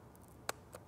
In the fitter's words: had to sand those a bit to get it to work perfectly but now that can go in there and just snap in place